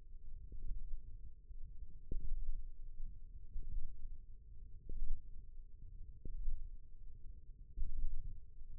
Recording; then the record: forearm muscle sounds (acoustic myography)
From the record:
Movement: radial deviation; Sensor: system 1, eight BSWA MPA416 microphones around the upper forearm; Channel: 2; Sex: female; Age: 21 years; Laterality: right